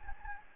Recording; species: mosquito wingbeat signal from an infrared sensor; Anopheles gambiae